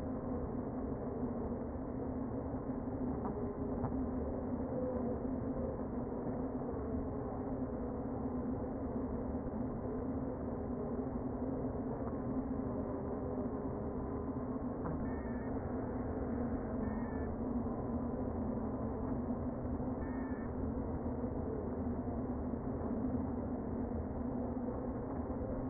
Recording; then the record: honeybee colony, microphone inside the hive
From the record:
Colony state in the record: queen present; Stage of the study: before two queens were removed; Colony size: about 60,000 bees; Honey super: yes